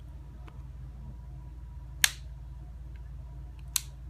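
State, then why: Seated. The thumb safety lever on a metal Kimber Pro Carry II 1911 pistol frame is flipped and snaps into its detent with sharp clicks at 2.0 s and 3.8 s over a quiet background. Each time it seats cleanly, a nice fit.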